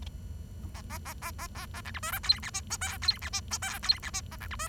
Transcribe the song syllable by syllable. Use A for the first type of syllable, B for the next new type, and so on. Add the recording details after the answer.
A A A A A B A C D E F G H I J K G H I J K G H I A C D E. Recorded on 23 June 2012 at 10:37. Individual gr41rd51